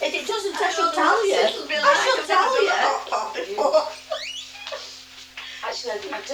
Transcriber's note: laughs